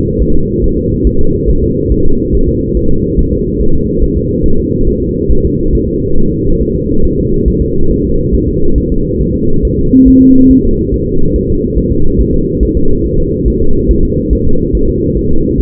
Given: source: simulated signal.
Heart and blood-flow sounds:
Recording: fetal heart sounds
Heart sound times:
0.22 s: S1
0.36 s: S2
0.64 s: S1
0.78 s: S2
1.07 s: S1
1.21 s: S2
1.50 s: S1
1.63 s: S2
1.92 s: S1
2.06 s: S2
2.35 s: S1
2.49 s: S2
2.77 s: S1
2.91 s: S2
3.19 s: S1
3.33 s: S2
3.61 s: S1
3.75 s: S2
4.03 s: S1
4.18 s: S2
4.46 s: S1
4.60 s: S2
4.88 s: S1
5.03 s: S2
5.31 s: S1
5.45 s: S2
5.75 s: S1
5.89 s: S2
6.18 s: S1
6.32 s: S2
6.62 s: S1
6.75 s: S2
7.05 s: S1
7.19 s: S2
7.48 s: S1
7.62 s: S2
7.91 s: S1
8.05 s: S2
8.35 s: S1
8.48 s: S2
8.78 s: S1
8.92 s: S2
9.22 s: S1
9.35 s: S2
9.65 s: S1
9.79 s: S2
10.08 s: S1
10.22 s: S2
10.51 s: S1
10.65 s: S2
10.94 s: S1
11.08 s: S2
11.36 s: S1
11.50 s: S2
11.78 s: S1
11.92 s: S2
12.20 s: S1
12.34 s: S2
12.63 s: S1
12.77 s: S2
13.06 s: S1
13.19 s: S2
13.48 s: S1
13.62 s: S2
13.91 s: S1
14.05 s: S2
14.33 s: S1
14.47 s: S2
14.75 s: S1
14.89 s: S2
15.17 s: S1
15.31 s: S2
15.60 s: S1
From the record:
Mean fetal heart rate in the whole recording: 140 bpm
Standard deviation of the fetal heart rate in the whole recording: 2 bpm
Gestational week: 34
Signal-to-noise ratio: -19.1 dB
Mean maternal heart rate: 72 bpm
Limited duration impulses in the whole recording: present

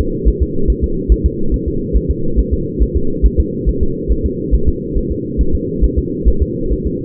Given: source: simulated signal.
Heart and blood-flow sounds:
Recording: fetal heart sounds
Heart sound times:
0.01 s: S2
0.28 s: S1
0.42 s: S2
0.70 s: S1
0.84 s: S2
1.12 s: S1
1.26 s: S2
1.54 s: S1
1.68 s: S2
1.96 s: S1
2.11 s: S2
2.39 s: S1
2.53 s: S2
2.82 s: S1
2.96 s: S2
3.26 s: S1
3.40 s: S2
3.69 s: S1
3.83 s: S2
4.12 s: S1
4.26 s: S2
4.54 s: S1
4.69 s: S2
4.97 s: S1
5.12 s: S2
5.41 s: S1
5.55 s: S2
5.84 s: S1
5.98 s: S2
6.28 s: S1
6.42 s: S2
6.72 s: S1
6.87 s: S2
From the record:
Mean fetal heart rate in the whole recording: 140 bpm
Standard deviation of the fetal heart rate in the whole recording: 2 bpm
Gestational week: 34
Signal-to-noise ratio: -8.1 dB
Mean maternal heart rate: 72 bpm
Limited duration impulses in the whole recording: absent

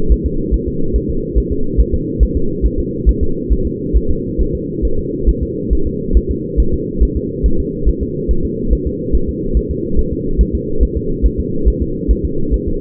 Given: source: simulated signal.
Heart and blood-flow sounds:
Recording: fetal heart sounds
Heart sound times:
0.12 s: S1
0.26 s: S2
0.54 s: S1
0.68 s: S2
0.96 s: S1
1.10 s: S2
1.38 s: S1
1.52 s: S2
1.81 s: S1
1.94 s: S2
2.23 s: S1
2.37 s: S2
2.66 s: S1
2.80 s: S2
3.09 s: S1
3.23 s: S2
3.52 s: S1
3.67 s: S2
3.97 s: S1
4.11 s: S2
4.41 s: S1
4.55 s: S2
4.85 s: S1
4.99 s: S2
5.29 s: S1
5.43 s: S2
5.73 s: S1
5.87 s: S2
6.17 s: S1
6.31 s: S2
6.60 s: S1
6.74 s: S2
7.03 s: S1
7.17 s: S2
7.46 s: S1
7.60 s: S2
7.89 s: S1
8.03 s: S2
8.31 s: S1
8.45 s: S2
8.73 s: S1
8.87 s: S2
9.15 s: S1
9.29 s: S2
9.57 s: S1
9.71 s: S2
9.99 s: S1
10.13 s: S2
10.41 s: S1
10.55 s: S2
10.83 s: S1
10.97 s: S2
11.26 s: S1
11.40 s: S2
11.68 s: S1
11.82 s: S2
12.11 s: S1
12.25 s: S2
12.54 s: S1
12.68 s: S2
From the record:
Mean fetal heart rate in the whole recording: 140 bpm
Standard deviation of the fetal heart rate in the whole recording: 2 bpm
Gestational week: 34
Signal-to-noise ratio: -8.1 dB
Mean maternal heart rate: 72 bpm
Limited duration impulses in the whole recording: absent

